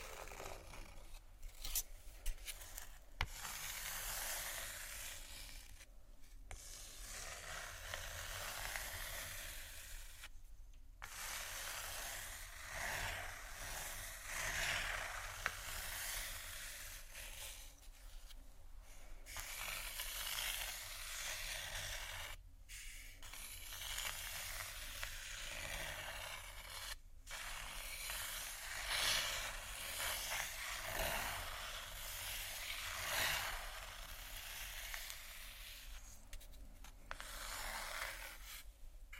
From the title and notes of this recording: Tapping,soft crinkle,scratch,plastic,textures(No Talking).